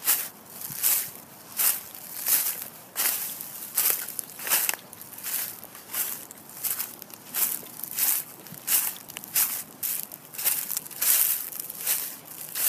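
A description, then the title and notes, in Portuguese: Footsteps crunch over dry autumn leaves at a steady walking pace, each step a crisp, brittle rustle reaching up into the high range. The crackling steps come roughly two every second, over a quiet outdoor background. Som de Passos Sobre Folhas Secas. Um ASMR de passos sobre as folhas secas de outono.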